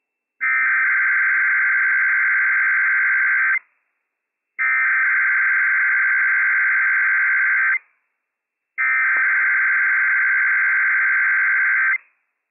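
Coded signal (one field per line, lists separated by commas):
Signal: Emergency Alert System (SAME) tones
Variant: header bursts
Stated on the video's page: Required Weekly Test on NOAA Weather Radio station, issued by civil authorities; genuine operational EAS tones.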